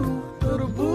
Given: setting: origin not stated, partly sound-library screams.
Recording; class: one-second piece from a danger detection set; normal situation